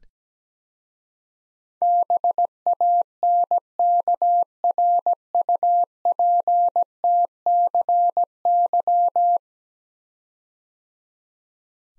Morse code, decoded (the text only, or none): BANKRUPTCY